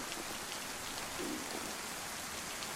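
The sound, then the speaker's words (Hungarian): Heavy rain pours down in a steady, dense hiss, an unbroken wash of drops pattering with no pauses and no voices. “És hát szakad ez az átkozott eső, de hogy így teli tarakból.”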